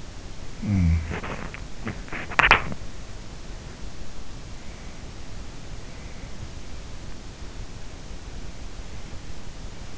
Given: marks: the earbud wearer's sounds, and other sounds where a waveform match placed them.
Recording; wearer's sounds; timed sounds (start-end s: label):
sounds in sleep by an in-ear microphone; snoring breath
0.00-1.93 s: snoring breath